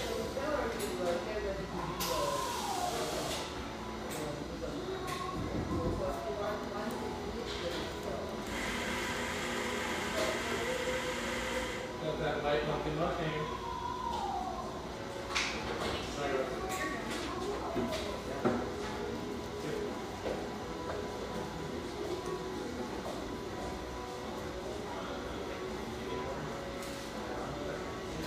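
Coffeehouse sounds with soft radio music, continuous murmured conversation, and clinks of cups and dishes throughout. A loud hissing burst, like a steam wand, runs from about 8 to 12 seconds, with a shorter hiss near 2 seconds and a low thump around 6.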